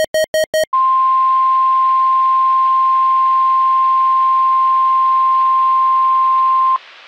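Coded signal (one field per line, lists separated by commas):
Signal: Emergency Alert System (SAME) tones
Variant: 1050 Hz attention tone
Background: music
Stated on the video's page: Mock of a Midland HH54VP weather radio activating for a Required Weekly Test with a special test tone, like the Midland WR300 and WR100.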